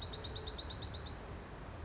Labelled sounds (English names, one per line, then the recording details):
Bewick's Wren
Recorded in Sonoma County, California